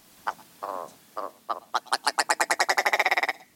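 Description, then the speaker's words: Ptarmigan rattle: a few low croaking notes, then a run of clipped pulses that speeds up before breaking off. Rubbery-sounding rattles of a northern bird with red eyebrows, adapted to snowy winter realms. "its rubbery-sounding rattles and clownish red eyebrows, the ptarmigan is quite the standout northern bird."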